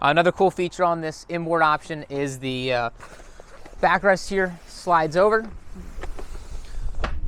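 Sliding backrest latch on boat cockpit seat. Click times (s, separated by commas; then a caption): 7.1 s. Someone talks about the inboard option's cockpit lounge on a 2024 Sea Ray Sundancer 320 boat as its sliding backrest is slid over to the other side. Faint knocks follow at about 6.0 and 6.2 seconds. The backrest clicks into place at 7.1 seconds, locking in position to make a starboard-facing lounger.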